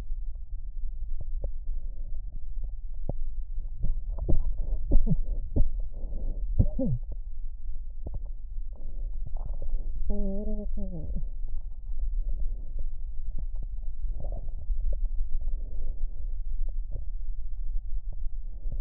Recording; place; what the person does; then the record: lung sounds by stethoscope; left posterior basal chest; quiet breathing, then cough and speech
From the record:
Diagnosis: interstitial lung disease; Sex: female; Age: 60 years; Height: 154 cm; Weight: 68.1 kg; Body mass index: 28.7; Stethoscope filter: extended mode